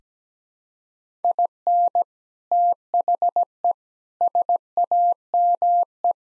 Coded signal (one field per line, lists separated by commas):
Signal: Morse code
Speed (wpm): 17 wpm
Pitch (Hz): 700 Hz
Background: none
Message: IN THE SAME